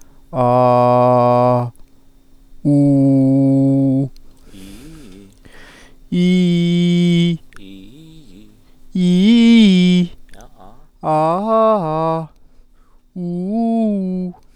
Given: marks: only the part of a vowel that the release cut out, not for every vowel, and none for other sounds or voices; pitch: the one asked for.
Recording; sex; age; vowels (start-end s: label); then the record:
sustained vowels; male; 40 to 49 years
0.44-1.53 s: vowel /a/, low pitch
2.72-3.98 s: vowel /u/, low pitch
9.01-9.95 s: vowel /i/, low-high-low pitch
11.09-12.17 s: vowel /a/, low-high-low pitch
13.20-14.22 s: vowel /u/, low-high-low pitch
From the record:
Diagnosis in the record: healthy voice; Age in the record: 41 years